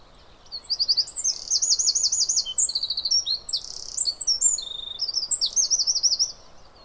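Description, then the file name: Eurasian wren singing a fast, shrill burst of rattling trills and ringing notes lasting nearly six seconds, over a faint low background hiss. "Troglodytes troglodytes"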